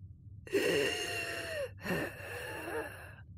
It's a relatively high-pitched whistling noise produced by movement of air through narrowed airways. That's an inspiratory and expiratory wheeze. Airflow through a narrowed or compressed segment of a small airway becomes turbulent. This causes vibration of airway walls, and this vibration produces the sound of wheezing.